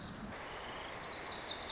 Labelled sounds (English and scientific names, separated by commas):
Lazuli Bunting (Passerina amoena)